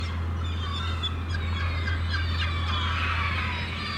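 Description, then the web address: Gulls calling, a dense chorus of overlapping harsh, wavering cries over a steady low hum throughout. Gulls at a harbour, described as crazy. "The Sound Pack Tree - Sonic Seaside - Crazy Harbor Seagulls"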